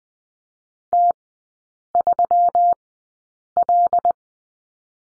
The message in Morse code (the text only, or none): T3L